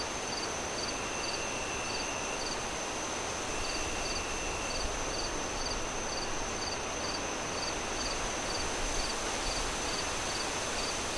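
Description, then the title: Cricket producing a long even series of high chirps, briefly pausing once, beneath constant loud wind. Crickets on a windy night, wind howling through trees. "Relaxing Crickets Sounds On A Windy Night"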